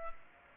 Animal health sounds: mosquito wingbeat signal from an infrared sensor; Culex pipiens

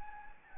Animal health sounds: mosquito wingbeat signal from an infrared sensor; Anopheles gambiae

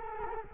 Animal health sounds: mosquito wingbeat signal from an infrared sensor; Culex quinquefasciatus

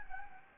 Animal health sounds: mosquito wingbeat signal from an infrared sensor; Anopheles gambiae

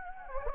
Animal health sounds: mosquito wingbeat signal from an infrared sensor; Anopheles gambiae

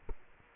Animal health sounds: mosquito wingbeat signal from an infrared sensor; Culex quinquefasciatus

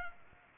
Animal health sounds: mosquito wingbeat signal from an infrared sensor; Culex pipiens

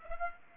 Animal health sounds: mosquito wingbeat signal from an infrared sensor; Aedes aegypti

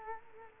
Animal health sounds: mosquito wingbeat signal from an infrared sensor; Culex quinquefasciatus

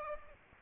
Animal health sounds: mosquito wingbeat signal from an infrared sensor; Aedes aegypti

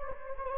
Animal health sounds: mosquito wingbeat signal from an infrared sensor; Anopheles gambiae

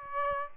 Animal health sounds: mosquito wingbeat signal from an infrared sensor; Aedes aegypti

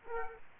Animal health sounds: mosquito wingbeat signal from an infrared sensor; Aedes aegypti

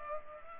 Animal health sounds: mosquito wingbeat signal from an infrared sensor; Culex pipiens

